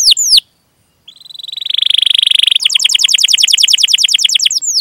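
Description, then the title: Canary song opening with two sharp downslurred notes, a brief pause, then a swelling buzzy trill that breaks into a rapid pulsed roll and ends on another downslur. Prolific 'gacor' singing canary, with song turns ('cengkok') and rich song fill ('isian'). "Kenari Gacor Cengkok Terbaik Isian Paling Mewah Kenarigacor Kicaumania Kenari"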